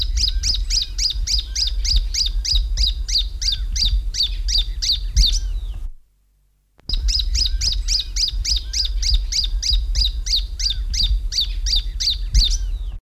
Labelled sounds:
Narrow-billed Woodcreeper call

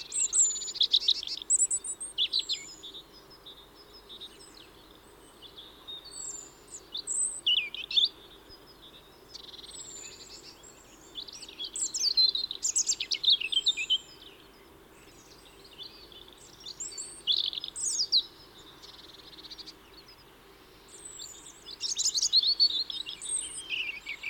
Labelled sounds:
European Robin song

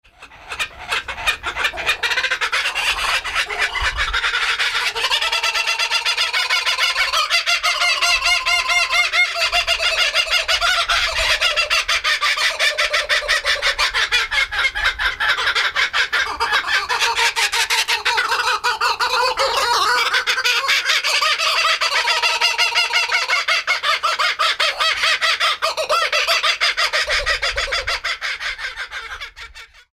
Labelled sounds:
Laughing Kookaburra

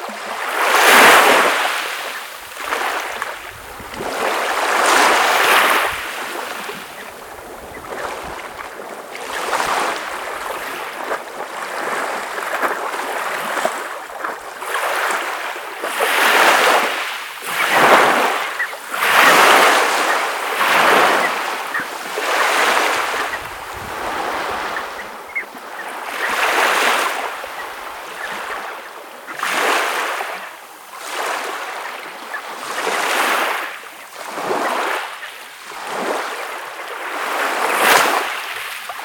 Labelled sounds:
Red Knot call

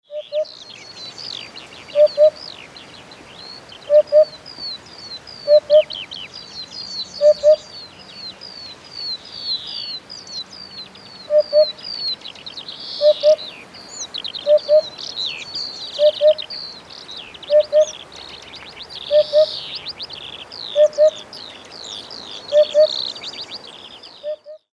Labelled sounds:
Eurasian Hoopoe

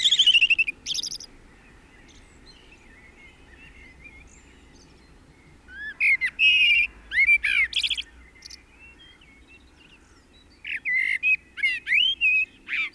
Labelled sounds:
Common Blackbird song

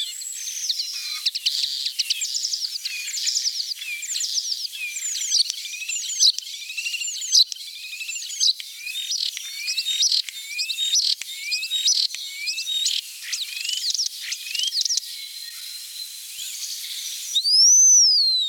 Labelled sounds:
European Starling song

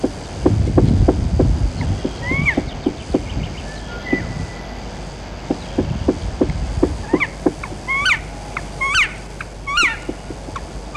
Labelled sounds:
Black Woodpecker

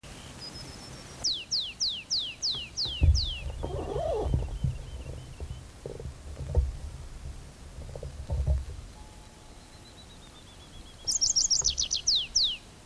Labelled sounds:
Tree Pipit song

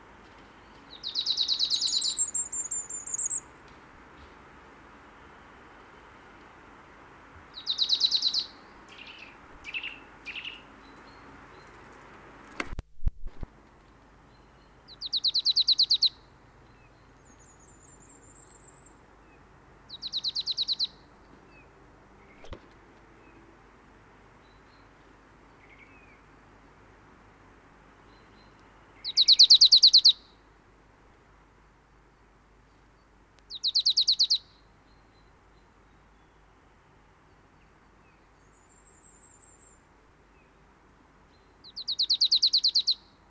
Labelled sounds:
Willow Tit song

